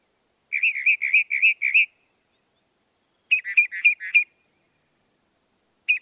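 Northern mockingbird singing: a run of several repeated slurred notes, a pause, then a different phrase of a few notes, and a new phrase starting at the end.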